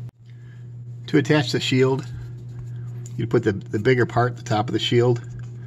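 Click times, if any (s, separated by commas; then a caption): none. A plastic companion shield is held against an action figure's forearm, with the larger top part of the shield lined up at the top of the forearm, while someone talks over a steady low hum. Nothing has seated or clicked yet: the shield has not snapped into place by the end.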